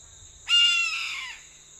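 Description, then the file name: Red-throated caracara uttering a single loud, grating cry that drops in pitch toward its end, with a steady high whine in the background. "Canto do gaviao de anta"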